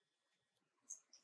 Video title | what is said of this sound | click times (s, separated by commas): How to repair wiring harness connectors - Automotive Pigtail L64A2 | you it'll click you might not be able to hear that on camera but once you get that click you know it's locked in position | 1.1 s